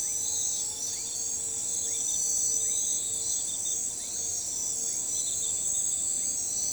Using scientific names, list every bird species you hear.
none